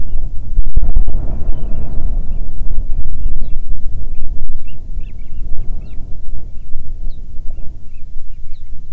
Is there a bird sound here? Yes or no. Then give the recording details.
yes. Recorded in the Arctic National Wildlife Refuge, Alaska, on 9 July 2019 at 22:40. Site 48